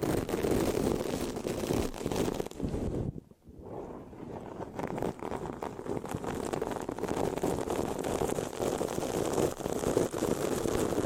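Mic scratching fills nearly the whole stretch as a dense, rough rustle of quick, uneven strokes, heaviest in the low and middle range with a faint hiss above. Just after three seconds it drops out briefly, then builds back to a steady scratching.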